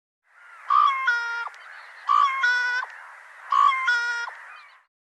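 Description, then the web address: Bird repeating a two-part nasal call three times, roughly every 1.4 seconds: a quick clear note, then a buzzy, richly harmonic tone. "Deverinetal Bird Co Co Co Co"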